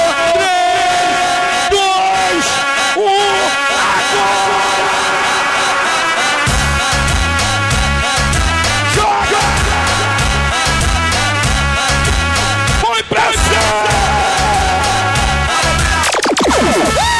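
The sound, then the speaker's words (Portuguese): A party crowd at a live Crocodilo Prime sound-system show shouts and cheers over loud, continuous music, with a heavy, pulsing bass beat kicking in partway through and voices yelling along throughout. “Quem tem amigo viado aí, dá o grito. Quem tem amigo corno, faz barulho.”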